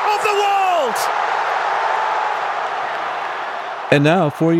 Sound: cheers; kick – cheers